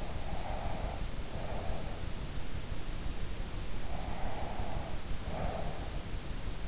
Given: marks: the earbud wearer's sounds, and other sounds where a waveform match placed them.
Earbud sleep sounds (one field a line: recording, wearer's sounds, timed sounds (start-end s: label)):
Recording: sounds in sleep by an in-ear microphone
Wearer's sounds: breath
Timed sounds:
0.00-1.93 s: breath
4.01-5.97 s: breath